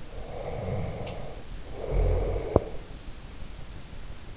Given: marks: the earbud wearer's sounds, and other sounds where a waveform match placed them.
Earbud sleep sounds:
sounds in sleep by an in-ear microphone; snoring breath
0.14-2.77 s: snoring breath

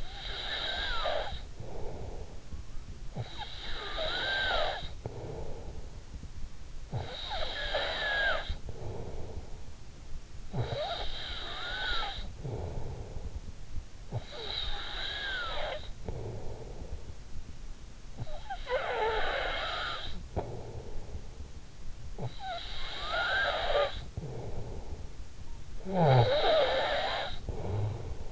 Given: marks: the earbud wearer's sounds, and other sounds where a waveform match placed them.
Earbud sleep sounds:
sounds in sleep by an in-ear microphone; snoring breath
0.00-28.32 s: snoring breath

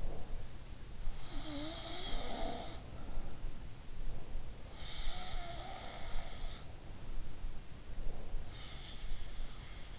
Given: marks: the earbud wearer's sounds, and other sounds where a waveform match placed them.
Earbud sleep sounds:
sounds in sleep by an in-ear microphone; breath
0.00-0.53 s: breath
1.10-3.64 s: sound from someone else or the room
4.68-7.56 s: sound from someone else or the room
7.80-8.45 s: breath
8.46-9.99 s: sound from someone else or the room

